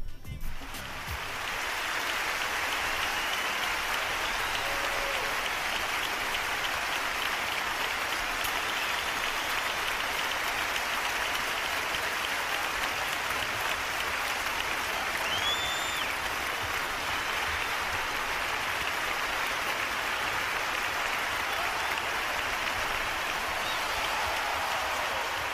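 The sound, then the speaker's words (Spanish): Sustained applause from an audience at a cultural center after a choir and guitar performance, a dense, steady wash of clapping hands that holds at an even level for the whole stretch, with no voices standing out. “Bueno, había un poquito menos de gente, pero igual el aplauso fue importante.”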